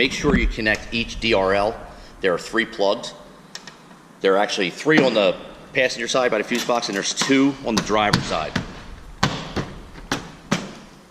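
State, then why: Seated. Someone talks while the plastic front bumper cover of a WK2 Jeep Grand Cherokee is pushed back onto its retaining clips on the vehicle body after the headlights are reinstalled. Sharp snaps are heard at 9.2, 10.1 and 10.5 seconds as the clips catch, and the bumper cover is seated.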